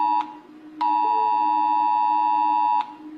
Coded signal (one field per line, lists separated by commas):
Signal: Emergency Alert System (SAME) tones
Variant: 853 and 960 Hz attention tone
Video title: Rating EAS alarms by how scary they are#easalert #alarm